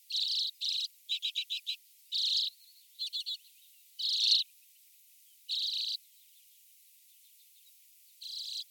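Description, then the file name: Common redpoll: several buzzy rasps mixed with short, fast series of dry rattling notes, spaced at irregular intervals. "Golosa ptic - CHechetka"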